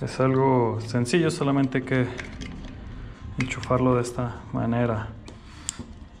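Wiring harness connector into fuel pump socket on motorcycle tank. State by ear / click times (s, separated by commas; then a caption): seated / 5.7 s. A plastic fuel pump wiring harness connector is pushed into its socket on the refitted fuel tank of a Dominar 400 motorcycle while someone talks. It latches with a sharp click at 5.7 s, and the connector is seated.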